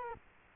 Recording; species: mosquito wingbeat signal from an infrared sensor; Culex quinquefasciatus